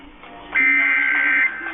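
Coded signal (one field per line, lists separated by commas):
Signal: Emergency Alert System (SAME) tones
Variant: header bursts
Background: speech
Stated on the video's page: Pennsylvania Required Monthly Test, also carried on TV.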